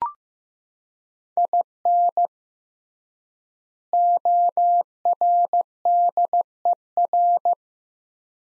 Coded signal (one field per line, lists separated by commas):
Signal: Morse code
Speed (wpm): 15 wpm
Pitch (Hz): 700 Hz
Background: none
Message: IN ORDER